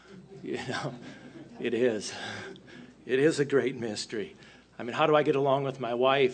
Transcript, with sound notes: yah…it is!” (chuckles) It is a great mystery. “I mean, how do I get along with my wife?”